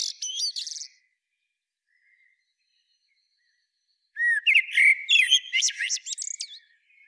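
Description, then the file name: Eurasian blackbird song: the end of a high twittering phrase, a pause, then a new phrase of a fluted warble with squeaky flourishes. "Turdus merula"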